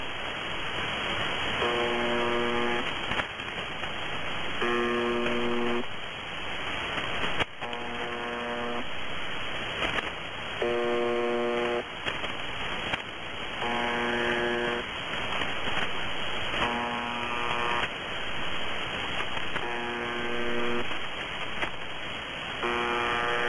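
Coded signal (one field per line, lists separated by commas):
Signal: channel marker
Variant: UVB-76 (The Buzzer)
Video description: MDZhB buzzing like it always fucking does.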